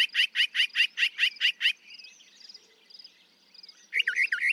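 Northern mockingbird song: one harsh, chattering phrase repeated eight times in quick succession, a brief quieter warbled stretch, then a new burst of looping notes.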